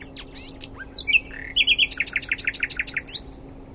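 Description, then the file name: Common nightingale song: varied whistles and chirps giving way to a fast, rhythmic rattle of many repeated notes; low hum in the background. "Luscinia megarhynchos"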